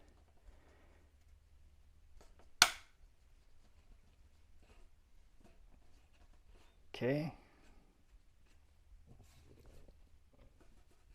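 The reassembled LCD and plastic display assembly of a Fluke Mac Tools ET88DMM multimeter is handled as it is pressed toward its plastic holder, with a sharp tap at about 2.6 s. Someone talks during the clip. Nothing has seated or snapped into place yet.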